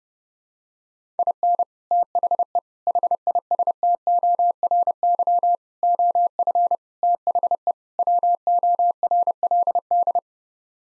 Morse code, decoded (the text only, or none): IN THE HISTORY OF THE WORLD